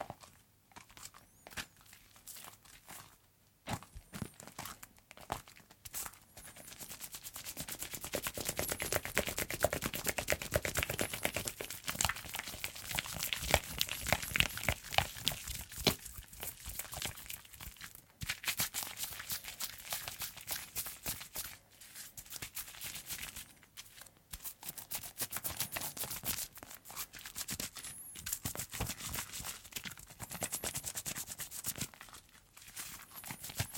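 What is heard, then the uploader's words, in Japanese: Hands rubbing and lathering soap, a dense, rapid crackle of wet bubbly friction that swells and fades in uneven bursts with short pauses. 癒される泡の音…手をこするハンドサウンド/手洗い Hand Washing【ASMR】。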